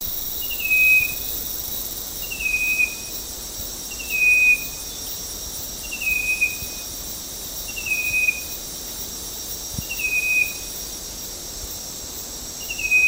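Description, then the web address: Striped wren-babbler giving a thin, high, slightly falling whistle, repeated seven times over a steady high insect drone. Recorded at Danum on 9 August 2009. "DANUM 20090809. striped wren-babbler"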